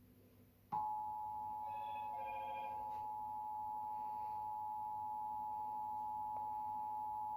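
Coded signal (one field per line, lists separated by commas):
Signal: Emergency Alert System (SAME) tones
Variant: 853 and 960 Hz attention tone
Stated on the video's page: Failed monthly test issued by Oklahoma Emergency Operations Center, received on TV station KOCB 34.1 Oklahoma City, recorded with a Samsung Galaxy S8.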